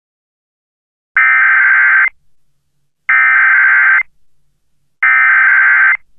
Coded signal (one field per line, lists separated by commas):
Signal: Emergency Alert System (SAME) tones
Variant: header bursts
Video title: EAS Mock: Tornado Watch #657 for Saint Pauls, NC (Not Real, it's fake) (1/17/2018)